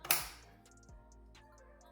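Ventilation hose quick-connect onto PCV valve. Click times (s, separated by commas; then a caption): 0.1 s. A plastic ventilation hose quick-connect is slid onto the positive crankcase ventilation (PCV) valve of a 2024-2026 Buick Encore GX 1.3L and locks on with one sharp click at 0.1 s. A few faint, quieter ticks follow, and the connector is confirmed seated.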